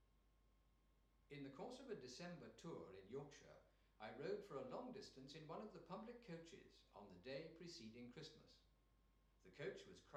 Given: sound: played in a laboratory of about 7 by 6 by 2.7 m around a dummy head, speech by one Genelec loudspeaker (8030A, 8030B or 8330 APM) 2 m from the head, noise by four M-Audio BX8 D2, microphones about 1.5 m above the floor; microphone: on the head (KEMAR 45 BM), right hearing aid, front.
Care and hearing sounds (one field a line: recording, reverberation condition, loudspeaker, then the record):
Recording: male speech in English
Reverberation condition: medium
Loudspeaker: 120 degrees to the right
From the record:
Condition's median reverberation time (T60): about 510 ms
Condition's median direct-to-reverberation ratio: about -0.5 dB